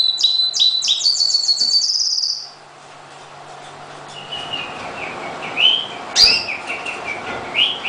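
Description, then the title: Oriental magpie-robin rapid series of sharp slurred notes, then quieter scattered whistled phrases over a hissy background with a sharp click. "Kicau Kacer Durasi Panjang 1jam Lebih"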